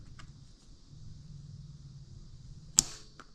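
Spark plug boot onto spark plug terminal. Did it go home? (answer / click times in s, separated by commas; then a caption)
yes / 0.2 s. A rubber spark plug boot is pushed down onto the installed spark plug of a KX112 dirt bike that ran rich stock, giving a faint click at 0.2 s as it seats fully into place. A much louder, sharp bang follows at about 2.8 s, then a small tick at 3.2 s, over a steady low background hum.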